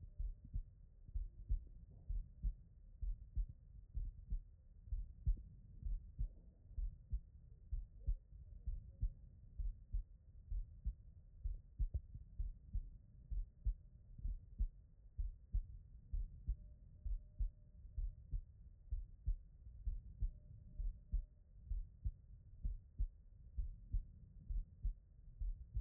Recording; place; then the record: heart sounds by stethoscope; pulmonary valve (PV)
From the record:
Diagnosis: non-HFrEF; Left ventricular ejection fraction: 67%